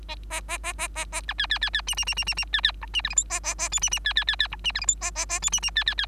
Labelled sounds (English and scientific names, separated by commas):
Bengalese Finch (Lonchura striata domestica) song